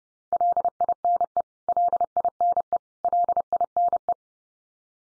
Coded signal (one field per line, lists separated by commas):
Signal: Morse code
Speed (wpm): 30 wpm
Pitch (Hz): 700 Hz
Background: none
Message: LINE LINE LINE